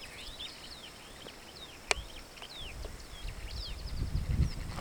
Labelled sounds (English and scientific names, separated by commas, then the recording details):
Superb Starling (Lamprotornis superbus) flight call
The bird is a female
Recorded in Kenya on 17 June 2010
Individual 100, of group SRB2